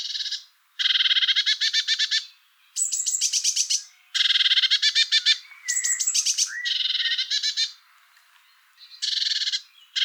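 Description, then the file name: Eurasian blue tit churring repeatedly, rattling buzzy bursts separated by short pauses, interspersed with thin high-pitched ticking notes and a short slurred note. "Cyanistes caeruleus"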